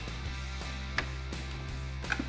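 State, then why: Released. A reverse light bulb socket is twisted and pulled out of the factory tail light housing on a 2005-2009 Mustang. A sharp little click is heard at 2.1 s, after an earlier short tap at about 1.0 s, over a steady low hum. The socket is released and comes free of the housing.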